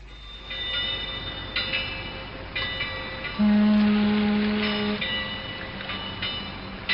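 A train rolls by with a steady rumble and recurring metallic rattles, while a low, sustained horn-like tone swells in partway through and holds for a second or two.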